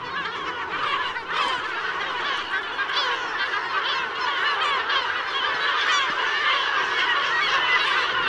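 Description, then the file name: Yellow-legged gulls calling in a dense, continuous chorus of overlapping harsh, honking and yelping cries, many birds at once with no pause throughout. "Gabbiano Reale"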